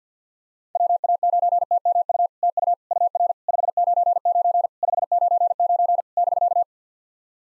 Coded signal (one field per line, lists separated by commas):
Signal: Morse code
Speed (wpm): 48 wpm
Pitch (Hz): 700 Hz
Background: none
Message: WA9TMU TU UR 599 599 <BK>